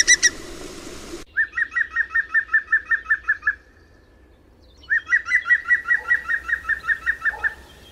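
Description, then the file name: European Green Woodpecker laughing call: two loud runs of about a dozen quick, even, ringing notes, each run lasting a couple of seconds with a pause between, after a brief opening burst. "Picchio verde canto (Picus viridis)"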